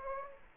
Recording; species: mosquito wingbeat signal from an infrared sensor; Aedes aegypti